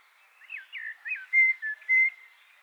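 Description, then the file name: Common blackbird song, quiet slurred notes leading into a few clearer sustained whistles. "Turdus merula"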